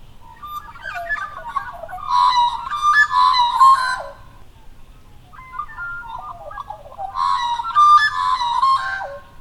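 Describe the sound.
Magpie calls in two warbling bursts of rich, fluting notes with rough overtones, with quieter rising whistles between them.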